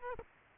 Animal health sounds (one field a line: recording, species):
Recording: mosquito wingbeat signal from an infrared sensor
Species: Aedes aegypti